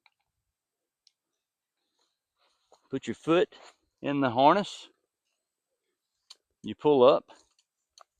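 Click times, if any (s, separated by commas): 8.0 s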